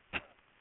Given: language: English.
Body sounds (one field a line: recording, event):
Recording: throat vibration sensor signal played as sound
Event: cough